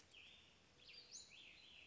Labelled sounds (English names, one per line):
Western Flycatcher